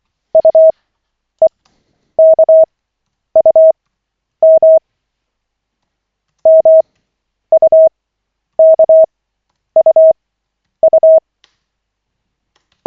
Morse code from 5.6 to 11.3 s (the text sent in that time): MUKUU